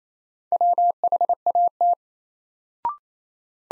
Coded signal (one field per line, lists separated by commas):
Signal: Morse code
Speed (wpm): 28 wpm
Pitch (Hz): 700 Hz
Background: none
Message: WHAT